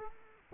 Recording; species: mosquito wingbeat signal from an infrared sensor; Culex quinquefasciatus